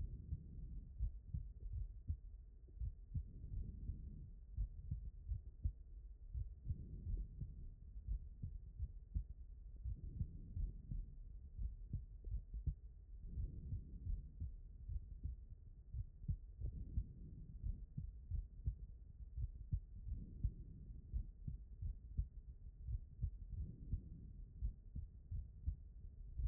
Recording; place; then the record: heart sounds by stethoscope; aortic valve (AV)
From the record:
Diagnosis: non-HFrEF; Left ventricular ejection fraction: 75%